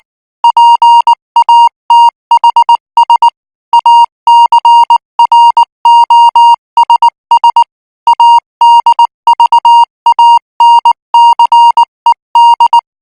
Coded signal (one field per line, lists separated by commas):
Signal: Morse code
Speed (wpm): 19 wpm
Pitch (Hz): 940 Hz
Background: music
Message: PATHS ACROSS ADVANCED